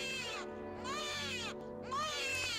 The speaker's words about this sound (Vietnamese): Bất chợt xen kẽ giữa tiếng róc rách nước chảy vào cốc nhựa là tiếng trẻ con sơ sinh vảng vất đâu đây. Nó cứ lanh lảnh trong đêm tối.